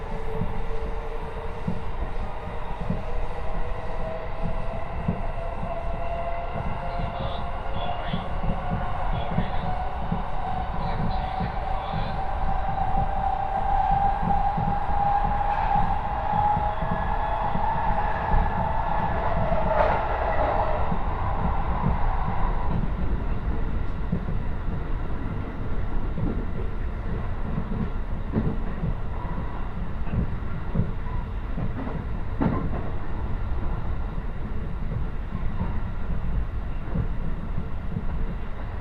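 A train ride on the Kosei Line between Ono, Ogoto Onsen and Horai: a steady low rumble of the moving carriage fills the whole clip. For the first twenty seconds a tonal whine climbs slowly in pitch, then cuts off, leaving rough rumbling with occasional knocks.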